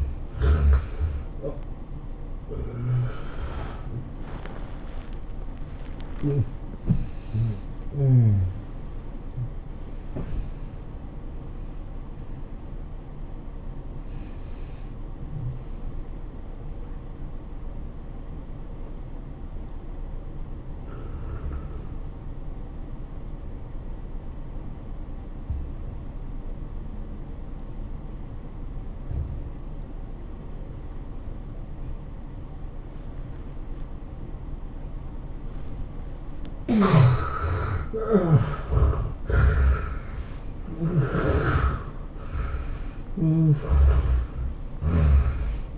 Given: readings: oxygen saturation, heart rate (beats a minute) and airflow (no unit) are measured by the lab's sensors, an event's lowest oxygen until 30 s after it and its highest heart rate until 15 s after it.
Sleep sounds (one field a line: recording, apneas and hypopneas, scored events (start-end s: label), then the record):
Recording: breathing in sleep by a smartphone at the bedside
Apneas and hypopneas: 1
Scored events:
0.00-21.00 s: awake
13.00-38.10 s: hypopnea (scored as awake, oxygen 97% highest, then 75% lowest, heart rate 107 at the start, 108 highest)
13.00-43.00 s: new sleep stage, N1 (lightest sleep)
43.00-45.78 s: new sleep stage, N2 (light sleep)
From the record:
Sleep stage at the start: awake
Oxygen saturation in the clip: 76 to 97%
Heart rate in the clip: 80 to 110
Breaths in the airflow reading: 9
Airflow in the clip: -20.6 to 19.6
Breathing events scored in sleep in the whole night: 403 in 5.5 hours asleep